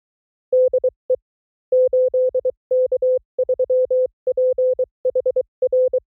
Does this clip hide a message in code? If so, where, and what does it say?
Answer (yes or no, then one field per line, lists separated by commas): yes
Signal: Morse code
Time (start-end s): 0.5-6.0 s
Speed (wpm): 23 wpm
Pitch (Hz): 510 Hz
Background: none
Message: DE 8K3PHR